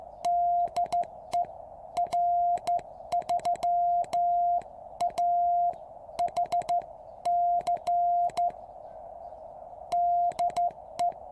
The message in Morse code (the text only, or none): DE R3AHC DE